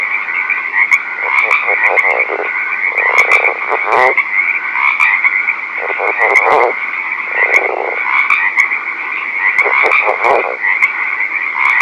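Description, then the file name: Northern leopard frog calls as clucking pulse series and rasping bursts recurring every few seconds, beneath a continuous shrill trilling chorus. Recorded at night. "rpipiens night"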